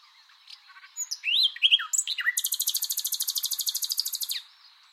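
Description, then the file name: Common nightingale song: a few sweeping whistled notes, then a long, fast, even trill of repeated notes lasting about two seconds. "Luscinia megarhynchos"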